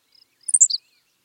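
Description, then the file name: Henslow's sparrow uttering a brief, sharp hiccup of very high notes that drop in pitch, preceded by soft faint ticks, otherwise quiet. "Ammodramus henslowii - Henslow's Sparrow"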